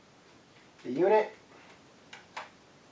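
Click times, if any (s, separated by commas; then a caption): none. Someone talks briefly while handling an internal hard drive unit and its cover at the drive bay of an Xbox 360 Slim game console. Two short, light ticks follow at about 2.1 and 2.4 seconds. The drive has not seated or clicked into place yet.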